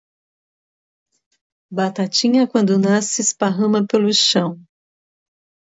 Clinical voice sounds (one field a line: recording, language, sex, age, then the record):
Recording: short text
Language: Brazilian Portuguese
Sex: female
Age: 50 to 59 years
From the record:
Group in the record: control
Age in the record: 51 years